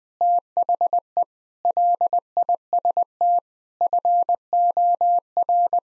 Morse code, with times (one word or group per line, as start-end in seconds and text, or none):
0.2-1.2 THE
1.6-3.4 LIST
3.8-5.8 FOR